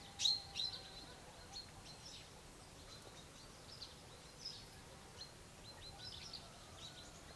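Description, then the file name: Common chaffinch calls, two quick sharp high chips at the start, followed by sparse faint chirps against a low continuous hiss. "Fringilla coelebs"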